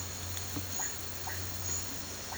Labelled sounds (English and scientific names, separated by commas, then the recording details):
none
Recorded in pastures near Puerto Asís, Putumayo, Colombia, on 8 March 2025 at 14:00
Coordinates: 0.466, -76.322
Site CSA-02